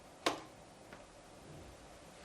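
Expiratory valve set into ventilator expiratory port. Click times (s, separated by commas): 0.3 s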